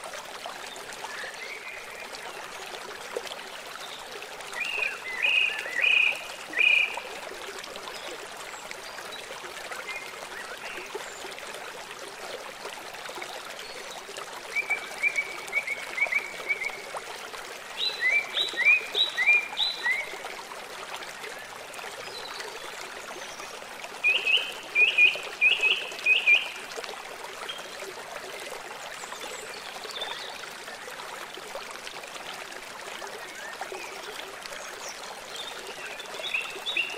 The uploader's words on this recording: Relaxing River Sounds.